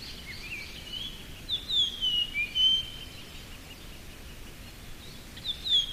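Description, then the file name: Japanese grosbeak singing one clear phrase of descending whistled notes midway, with a fainter phrase starting at the end, against quiet outdoor noise. "ikaru"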